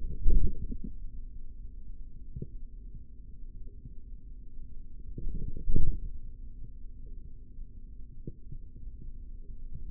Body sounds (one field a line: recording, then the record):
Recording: forearm muscle sounds (acoustic myography)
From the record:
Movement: forearm supination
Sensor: system 3, bracelet of six PUI Audio POM-2738L microphones around the upper forearm, with dedicated amplification and filtering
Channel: 5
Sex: male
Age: 56 years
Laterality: right